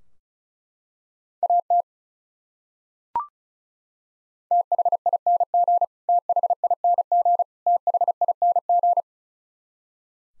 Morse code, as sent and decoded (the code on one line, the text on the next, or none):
.- - / - .... .. -. --. / - .... .. -. --. / - .... .. -. --.
AT THING THING THING